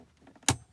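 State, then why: Released. Hands pull up on both sides of a plastic center console trim panel in an Alfa Romeo Giulia to pop its retaining clips out. A few faint creaks lead up to one sharp, bright click at 0.5 s. The clips release and the panel comes loose.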